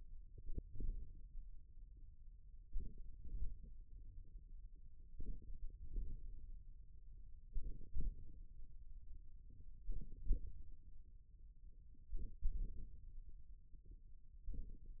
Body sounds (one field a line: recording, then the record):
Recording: forearm muscle sounds (acoustic myography)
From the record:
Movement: thumb flexion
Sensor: system 1, eight BSWA MPA416 microphones around the upper forearm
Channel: 6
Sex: male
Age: 41 years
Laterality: right